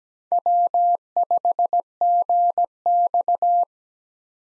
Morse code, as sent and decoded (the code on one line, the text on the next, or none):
.-- ..... --. -..-
W5GX